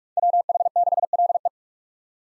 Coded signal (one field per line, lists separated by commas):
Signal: Morse code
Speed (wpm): 47 wpm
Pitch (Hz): 700 Hz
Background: none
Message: WH6LE